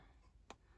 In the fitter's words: Like you can, I was sliding it around and there, it's locked in. It actually clicks in.